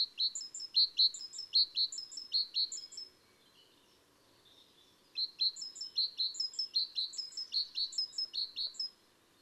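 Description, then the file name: Great tit singing two bouts of high, ringing two-note phrases repeated rapidly, with a pause of about two seconds between bouts; faint background noise. "Parus major"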